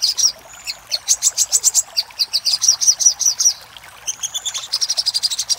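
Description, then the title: Little spiderhunter song: a run of evenly spaced sharp high chirps, a short lull, then a faster, tighter series of bright ticks. Master recording used for training cage birds. "Masteran Burung Sogok Ontong Labaik"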